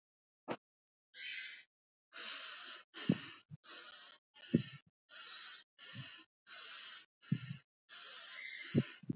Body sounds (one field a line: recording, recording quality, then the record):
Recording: shallow breathing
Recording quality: excellent, no background noise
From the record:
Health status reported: exposed to COVID-19, no respiratory illness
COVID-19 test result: negative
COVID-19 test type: RT-PCR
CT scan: not taken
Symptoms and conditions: none ticked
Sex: female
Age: 22 years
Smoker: no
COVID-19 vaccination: one dose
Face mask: not worn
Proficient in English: yes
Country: India